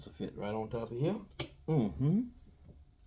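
A multi-section can capacitor is handled over its mounting bracket on the chassis of a late-model Leslie 147 tube amplifier while someone talks. A brief broadband tick around 1.4 seconds breaks the speech, but the capacitor has not yet been pressed down, and nothing has seated or clicked yet.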